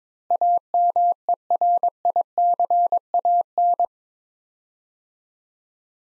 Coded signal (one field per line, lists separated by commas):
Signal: Morse code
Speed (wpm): 22 wpm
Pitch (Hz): 700 Hz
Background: none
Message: AMERICAN